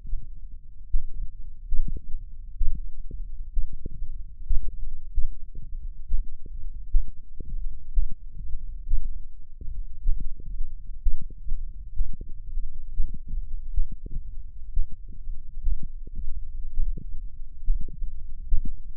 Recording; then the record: forearm muscle sounds (acoustic myography)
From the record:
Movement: finger pinch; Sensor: system 1, eight BSWA MPA416 microphones around the upper forearm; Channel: 8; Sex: male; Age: 21 years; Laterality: right